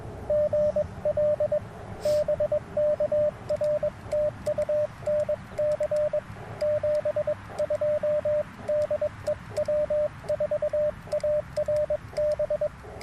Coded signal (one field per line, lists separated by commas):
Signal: Morse code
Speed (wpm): 21 wpm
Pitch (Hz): 590 Hz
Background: radio noise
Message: GL BK R TU NC 72 DE W4ARB